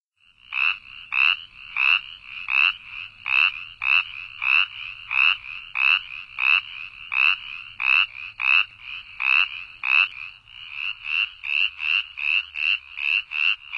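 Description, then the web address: Spotted chorus frog giving many short, raspy, high trilled notes repeated steadily, with a faint low hum underneath. North America. "Songs of Frogs Toads of North America. Spotted Chorus Frog"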